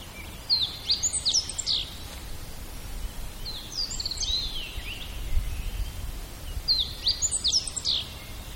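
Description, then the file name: Meadow bunting singing three short, quick phrases of high sweeping and twittering notes, each about a second long, separated by pauses, over a low background rumble. "hojiro"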